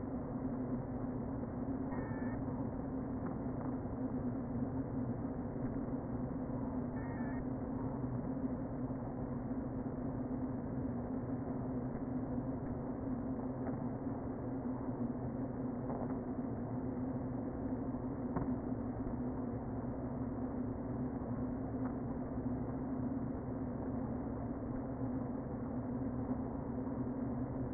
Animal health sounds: honeybee colony, microphone inside the hive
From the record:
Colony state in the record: queen present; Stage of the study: before two queens were removed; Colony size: about 60,000 bees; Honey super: yes

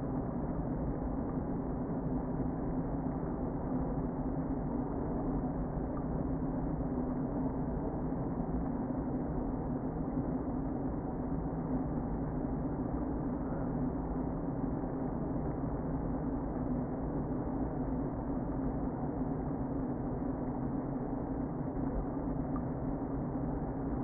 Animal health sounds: honeybee colony, microphone inside the hive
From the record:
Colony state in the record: queen present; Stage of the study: before two queens were removed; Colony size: about 60,000 bees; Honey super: yes

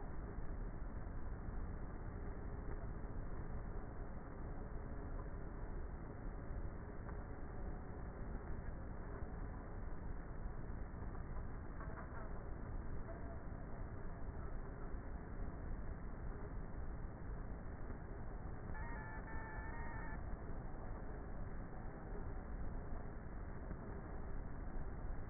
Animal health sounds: honeybee colony, microphone inside the hive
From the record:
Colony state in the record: queenless with a low population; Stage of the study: before two queens were removed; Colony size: about 30,000 bees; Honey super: no

